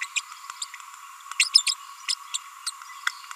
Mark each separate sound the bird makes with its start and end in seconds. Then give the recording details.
0.01-0.06, 0.16-0.20, 0.61-0.64, 1.39-1.44, 1.54-1.63, 1.66-1.71, 2.08-2.14, 2.34-2.37, 2.67-2.71. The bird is a female. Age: 30 days. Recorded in a nest box in Venezuela. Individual 17B42A4